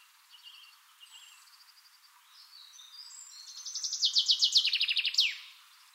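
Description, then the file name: Common chaffinch song: quiet high twittering, then a loud rattling descending phrase ending in a flourish. "Fringilla coelebs"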